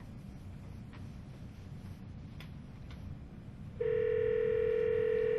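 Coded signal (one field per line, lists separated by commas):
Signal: telephone call progress tone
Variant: North America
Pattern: ringback tone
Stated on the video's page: Microsoft Speech Server 2007 Beta, an interactive voice response platform using touch tone or speech recognition.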